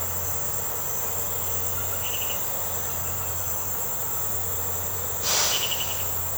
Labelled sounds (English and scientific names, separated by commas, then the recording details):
none
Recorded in secondary vegetation near Puerto Asís, Putumayo, Colombia, on 21 March 2025 at 01:30
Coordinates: 0.468, -76.324
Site G059